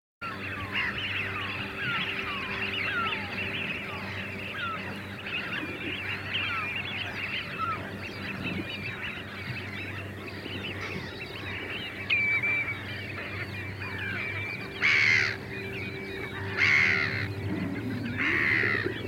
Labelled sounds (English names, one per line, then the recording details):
Eurasian Wigeon call
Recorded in the wild
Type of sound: call
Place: Glewitz, Insel Rügen, Mecklenburg-Vorpommern, DE
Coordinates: 54.252, 13.299
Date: 1976-04-17
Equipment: Nagra III BH, Sennheiser MD 21, parabola
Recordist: Schubert, Michael
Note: große Schar Pfeifenten im Fluge